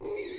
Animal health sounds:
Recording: pig call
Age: weaner (32 to 43 days)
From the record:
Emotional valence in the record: negative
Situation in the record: novel object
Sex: female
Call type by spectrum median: high-frequency call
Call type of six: high-frequency stable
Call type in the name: high-frequency stable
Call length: 0.39 s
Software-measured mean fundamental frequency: 399 Hz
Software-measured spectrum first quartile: 422 Hz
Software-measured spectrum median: 2170 Hz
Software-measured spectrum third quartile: 5997 Hz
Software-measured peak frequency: 398 Hz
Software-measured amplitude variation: 118 dB a second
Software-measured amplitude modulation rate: 24.5 a second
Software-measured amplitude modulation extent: 4.8 dB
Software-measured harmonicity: 5.9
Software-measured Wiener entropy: -3.40

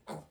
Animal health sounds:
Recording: pig call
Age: piglet (1 to 25 days)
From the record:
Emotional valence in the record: negative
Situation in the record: restrain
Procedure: back test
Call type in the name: low-frequency call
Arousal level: maximum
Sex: female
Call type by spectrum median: low-frequency call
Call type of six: low-frequency stable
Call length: 0.31 s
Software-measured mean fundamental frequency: 72 Hz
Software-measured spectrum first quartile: 331 Hz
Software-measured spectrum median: 665 Hz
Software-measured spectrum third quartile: 1416 Hz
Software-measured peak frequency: 211 Hz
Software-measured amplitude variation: 212 dB a second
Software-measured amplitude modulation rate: 19.4 a second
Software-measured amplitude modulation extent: 11.0 dB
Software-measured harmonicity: 0.1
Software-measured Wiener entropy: -0.66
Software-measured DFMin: 1276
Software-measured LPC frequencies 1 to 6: 689, 2116, 3514, 4374, 5444, 6847 Hz

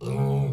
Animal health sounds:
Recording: pig call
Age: weaner (32 to 43 days)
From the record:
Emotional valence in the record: negative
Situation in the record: long isolation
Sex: female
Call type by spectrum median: low-frequency call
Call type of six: low-frequency stable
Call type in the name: low-frequency stable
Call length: 0.52 s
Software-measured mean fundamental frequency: 67 Hz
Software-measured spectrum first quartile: 137 Hz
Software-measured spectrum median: 202 Hz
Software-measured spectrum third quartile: 500 Hz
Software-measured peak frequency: 135 Hz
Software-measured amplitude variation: 77 dB a second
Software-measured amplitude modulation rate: 23.0 a second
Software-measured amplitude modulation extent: 3.4 dB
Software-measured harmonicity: -0.8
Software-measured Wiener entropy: -0.88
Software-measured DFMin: 1016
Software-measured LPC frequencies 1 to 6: 2354, 2991, 3831, 4516, 5832, 6885 Hz

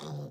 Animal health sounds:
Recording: pig call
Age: piglet (1 to 25 days)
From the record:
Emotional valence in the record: negative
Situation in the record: short isolation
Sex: male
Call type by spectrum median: low-frequency call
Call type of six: low-frequency stable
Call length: 0.31 s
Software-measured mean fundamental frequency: 51 Hz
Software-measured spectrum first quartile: 158 Hz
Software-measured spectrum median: 366 Hz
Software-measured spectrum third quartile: 1178 Hz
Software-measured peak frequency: 150 Hz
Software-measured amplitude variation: 62 dB a second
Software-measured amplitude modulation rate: 21.0 a second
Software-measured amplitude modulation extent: 3.0 dB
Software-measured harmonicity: 1.8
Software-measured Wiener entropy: -1.44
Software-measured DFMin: 1506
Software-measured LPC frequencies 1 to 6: 1020, 3552, 4817, 5909, 7189, 8081 Hz

